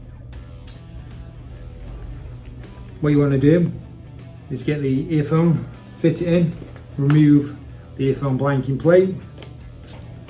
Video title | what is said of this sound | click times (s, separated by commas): How To Fit The New HJC Smart HJC 10B 20B Bluetooth Device | and just carefully push them together you can see them lock into place | 0.7 s